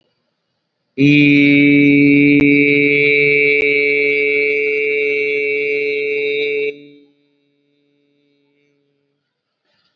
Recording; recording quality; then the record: sustained vowel as in beet; excellent, no background noise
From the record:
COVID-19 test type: RT-PCR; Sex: male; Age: 29 years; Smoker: no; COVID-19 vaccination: both doses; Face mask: worn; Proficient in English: yes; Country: India